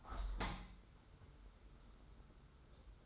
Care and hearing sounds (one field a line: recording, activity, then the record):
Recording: daily activity, microphone in the room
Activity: open window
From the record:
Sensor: 3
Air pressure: 991.3 hPa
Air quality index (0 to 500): 121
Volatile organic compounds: 100 ppm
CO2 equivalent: 3757 ppm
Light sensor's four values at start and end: 48/133/54/47 and 48/132/54/47